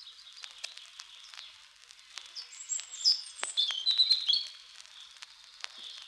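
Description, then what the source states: European Robin song: a soft, thin, high twittering and tinkling warble, with sharp clicks scattered throughout. Sings from the top of a small spruce, sunlight on its rusty-red breast; in the evening its song keeps sounding long in the quickly quietening forest.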